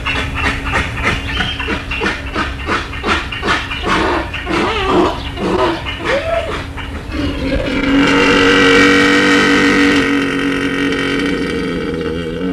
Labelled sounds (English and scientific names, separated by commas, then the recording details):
Onager (Equus hemionus)
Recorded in captivity
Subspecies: kulan
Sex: diverse
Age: adult
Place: Zoo Halle, Sachsen-Anhalt, DE
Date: 1978-07-12 13:45
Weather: sunny, 26°C
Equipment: Uher CR 210, Sennheiser MD 421, Kopie Uher 4200
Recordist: Tembrock, Günter